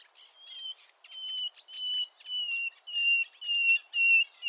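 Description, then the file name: Common nightingale singing a series of long level whistles interleaved with soft clicking notes, growing louder throughout. "Luscinia megarhynchos"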